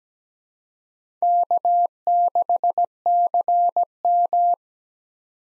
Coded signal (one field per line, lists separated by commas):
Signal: Morse code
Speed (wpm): 17 wpm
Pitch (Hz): 700 Hz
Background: none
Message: K6CM